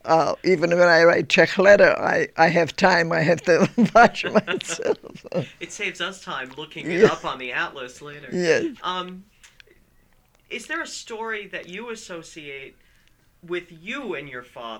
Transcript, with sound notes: even when I write Czech letter I, I have time I have to watch myself. (they laugh)
It saves us time looking it up on the atlas later.
Yes.
Is there a story that you associate with you and your father?